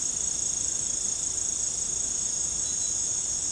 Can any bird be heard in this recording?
no